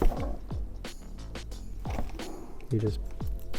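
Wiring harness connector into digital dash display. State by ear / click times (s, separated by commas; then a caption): not seated / none. A push-lock wiring harness connector is handled next to a Holley 5-inch digital dash display, with brief sharp handling taps around 0.5, 0.9, 1.4, 1.9, 2.2, 3.2 and 3.5 seconds while someone talks. The connector has not seated or clicked into the display yet.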